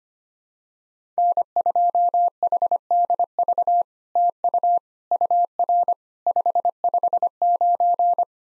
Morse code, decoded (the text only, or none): N2HDV TU UR 559